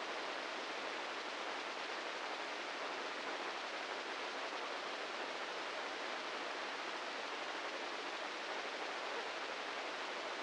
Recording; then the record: brain microelectrode recording played as sound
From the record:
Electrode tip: inside the subthalamic nucleus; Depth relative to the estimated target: -2 mm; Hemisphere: right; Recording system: NeuroSet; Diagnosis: Parkinson's disease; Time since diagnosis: 15 years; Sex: male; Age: 65 years